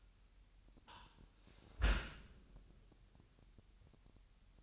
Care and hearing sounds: daily activity, microphone in the room; close dishwasher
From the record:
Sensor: 2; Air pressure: 998.2 hPa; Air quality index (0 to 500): 148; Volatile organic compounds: 4 ppm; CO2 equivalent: 1674 ppm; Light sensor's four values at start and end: 10/30/12/11 and 10/30/12/11

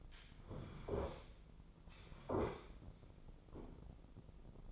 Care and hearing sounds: daily activity, microphone in the room; sit down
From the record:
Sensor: 5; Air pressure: 996.1 hPa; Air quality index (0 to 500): 244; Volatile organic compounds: 454 ppm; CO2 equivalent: 4756 ppm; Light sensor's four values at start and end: 160/384/162/177 and 160/383/162/177

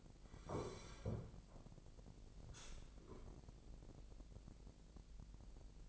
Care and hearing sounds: daily activity, microphone in the room; sit down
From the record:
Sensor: 5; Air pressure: 1001.6 hPa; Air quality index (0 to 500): 250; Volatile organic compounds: 32 ppm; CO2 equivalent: 2994 ppm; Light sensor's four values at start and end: 46/106/43/44 and 45/106/43/44

